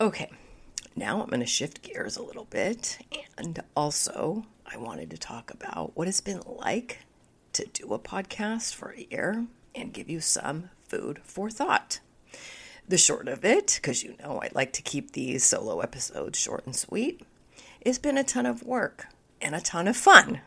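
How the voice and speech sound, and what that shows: Adult woman speaking with spasmodic dysphonia, a voice condition she developed earlier this year and is still navigating; the voice is strained and intermittently breathy, with creaky breaks, audible on vowels throughout connected speech.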